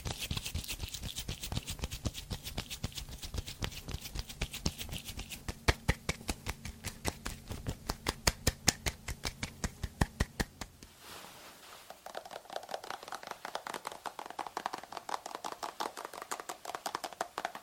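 Hair brushing layered with tapping: quick, crisp taps repeat densely and fairly regularly through the first eleven seconds over a low steady hum. Around eleven seconds the hum drops away, leaving a sparser run of taps over a soft, brighter rustling wash.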